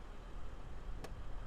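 The rear door of a 2020 BMW X5 (G05) xDrive40i M Sport, gently closed so it did not fully latch, is pulled home by its soft-close mechanism, with the latch seating into the door striker. Over a steady low background rumble, one short, bright latch click sounds at 1.1 s, and the door is seated shut.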